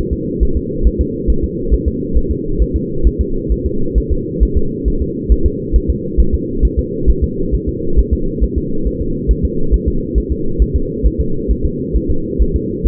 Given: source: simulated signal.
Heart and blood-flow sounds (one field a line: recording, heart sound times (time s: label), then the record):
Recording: fetal heart sounds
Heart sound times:
0.13 s: S2
0.43 s: S1
0.57 s: S2
0.87 s: S1
1.01 s: S2
1.30 s: S1
1.44 s: S2
1.74 s: S1
1.88 s: S2
2.17 s: S1
2.31 s: S2
2.62 s: S1
2.76 s: S2
3.07 s: S1
3.21 s: S2
3.52 s: S1
3.66 s: S2
3.98 s: S1
4.12 s: S2
4.43 s: S1
4.57 s: S2
4.88 s: S1
5.02 s: S2
5.32 s: S1
5.46 s: S2
5.76 s: S1
5.90 s: S2
6.20 s: S1
6.34 s: S2
6.65 s: S1
6.79 s: S2
7.10 s: S1
7.24 s: S2
7.55 s: S1
7.69 s: S2
7.99 s: S1
8.13 s: S2
8.44 s: S1
8.58 s: S2
8.87 s: S1
9.01 s: S2
9.31 s: S1
9.45 s: S2
9.74 s: S1
9.88 s: S2
10.18 s: S1
10.32 s: S2
10.62 s: S1
10.76 s: S2
11.06 s: S1
11.20 s: S2
11.51 s: S1
11.65 s: S2
11.96 s: S1
12.11 s: S2
12.42 s: S1
12.56 s: S2
12.87 s: S1
From the record:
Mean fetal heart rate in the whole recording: 135 bpm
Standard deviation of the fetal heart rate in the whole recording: 3 bpm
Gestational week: 34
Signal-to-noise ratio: -8.1 dB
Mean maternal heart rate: 72 bpm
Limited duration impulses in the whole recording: absent